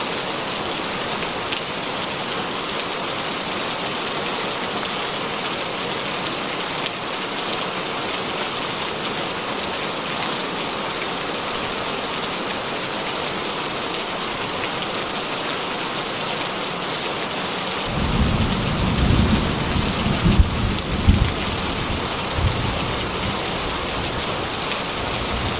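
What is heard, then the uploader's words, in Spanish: Heavy rain pours down steadily on a farm at night, a dense, even hiss spread from low to bright tones. Around eighteen seconds a deep, rumbling thunder rolls in underneath and continues, swelling slightly near twenty-one seconds before easing toward the end. Lluvia torrencial y el trueno tembloroso en una granja en una noche de tormenta. Lluvia Bajo Torrencial Con Truenos.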